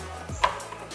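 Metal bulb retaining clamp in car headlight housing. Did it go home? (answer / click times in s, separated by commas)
yes / 0.4 s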